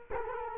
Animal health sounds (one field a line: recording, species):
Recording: mosquito wingbeat signal from an infrared sensor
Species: Culex quinquefasciatus